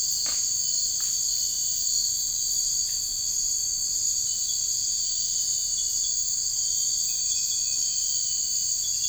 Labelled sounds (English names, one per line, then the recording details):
none
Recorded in dense forest near Puerto Asís, Putumayo, Colombia, on 13 March 2025 at 03:00
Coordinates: 0.485, -76.318
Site G056